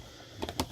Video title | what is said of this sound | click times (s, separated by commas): RV Electric Outlet Replacement | you'll see goes right in snaps | 0.5 s, 0.6 s